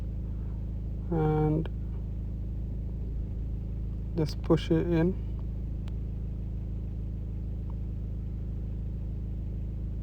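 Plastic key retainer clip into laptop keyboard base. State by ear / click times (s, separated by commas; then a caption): seated / 5.9 s. A plastic scissor retainer clip for a Dell laptop keyboard key is pushed into its mounting hooks on the laptop keyboard base while someone talks over a steady low hum. It clicks in and seats with a sharp tick at 5.9 s, with fainter ticks around 5.4 s and 7.7 s.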